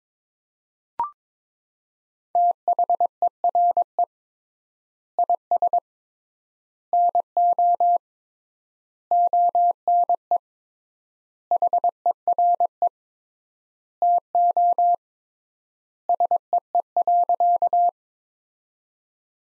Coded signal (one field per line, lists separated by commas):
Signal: Morse code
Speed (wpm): 22 wpm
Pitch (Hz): 700 Hz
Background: none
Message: THERE IS NO ONE HERE TO SEE.